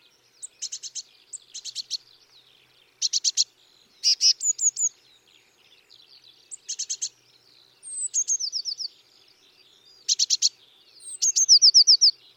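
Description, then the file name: Eurasian Blue Tit: several sharp chip bursts amid busy high chirping, and in the latter part two phrases of high notes running into quick trills. "Cyanistes caeruleus"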